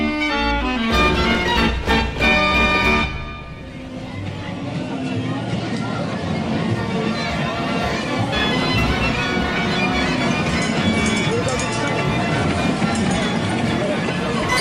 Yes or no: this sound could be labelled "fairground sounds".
yes